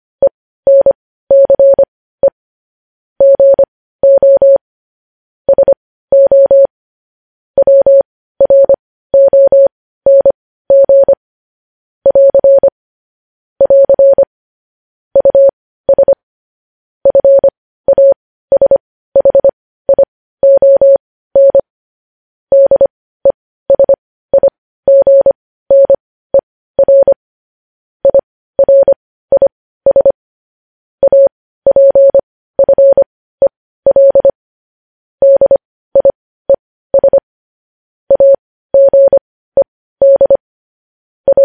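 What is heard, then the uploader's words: Morse code keyed as a single steady tone, a little above 500 Hz, switching on and off in short dots and longer dashes with brief gaps between letters. The sending runs evenly and unbroken for the whole forty seconds, clean, over silence. Morse code.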